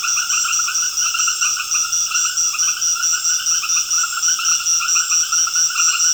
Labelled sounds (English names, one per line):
none